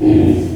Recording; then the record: squeal of a Yucatan mini pig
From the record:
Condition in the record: before surgery on the right vocal fold (resection and tissue-engineered implant); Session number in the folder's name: 2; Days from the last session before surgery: -15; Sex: female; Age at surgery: 19 weeks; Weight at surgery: 25 kg